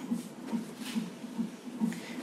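A baby's heartbeat heard on a fetal monitor attached to a woman on the labour ward of a Dublin maternity hospital.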